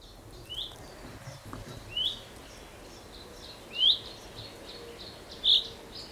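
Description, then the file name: Common chaffinch repeating a brief rising call every couple of seconds, against constant hissing background noise. "Fringilla coelebs"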